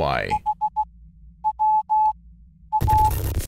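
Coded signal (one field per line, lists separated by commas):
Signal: Morse code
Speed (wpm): 16 wpm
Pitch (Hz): 860 Hz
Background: speech, music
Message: H W A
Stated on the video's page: Morse code heard in an indie horror game based on the Squidward creepypasta.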